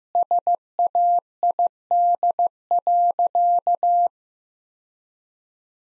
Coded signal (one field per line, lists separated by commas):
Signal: Morse code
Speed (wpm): 15 wpm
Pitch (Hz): 700 Hz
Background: none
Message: SAID.